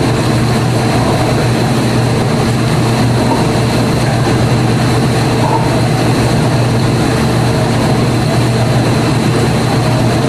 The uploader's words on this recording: Dishwasher recordings made in the kitchen by Dan Bodah at Dorchminster Mansion, November 2008.